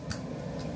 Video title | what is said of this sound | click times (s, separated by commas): New DynaVap M7 & M7 XL - Uncut 58:00 Interview w/George - Sneaky Pete's Reviews #interview #insight | And when you get just to that point, just a little bit of friction, it makes that little snap just really distinct | 0.1 s